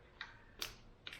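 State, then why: Seated. While intake gaskets are being replaced on a 2000 Acura 3.2TL, the plastic electrical connector for the first fuel injector is pushed onto the injector. Short, sharp plastic ticks sound at about 0.2 s and 1.1 s, and the brightest, loudest click at 0.6 s is the connector seating. The connector is seated.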